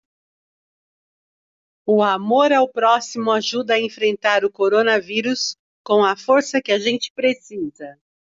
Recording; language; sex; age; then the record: spoken sentence; Brazilian Portuguese; female; 50 to 59 years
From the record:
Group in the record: control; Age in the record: 58 years